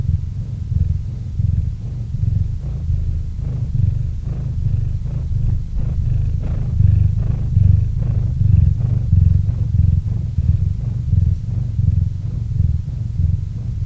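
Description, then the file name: Cat purring steadily, a low buzzing drone rising and falling with the breath, getting a little louder in the middle. Domestic cat named Murchik purring into a microphone. "Kot Murchik - Murchanie kota kot murchal v mikrofon"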